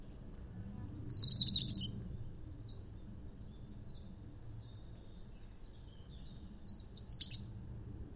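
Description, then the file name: European robin song: two short high phrases of thin trilled notes, separated by about four seconds of quiet, with soft low background noise. "Erithacus rubecula"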